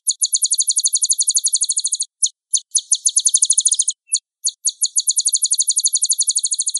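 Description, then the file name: Sunbird singing in fast, high-pitched chittering trills, delivered in bursts with brief silent breaks between them. Sunbird sound played to provoke birds into calling, used as a lure recording. "suara burung madu untuk memancing bunyi"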